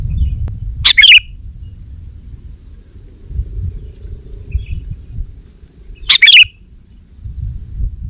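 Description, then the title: Sooty-headed bulbul giving two short chirpy phrases about five seconds apart, against a faint low background hum. "kutilang"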